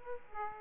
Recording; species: mosquito wingbeat signal from an infrared sensor; Aedes aegypti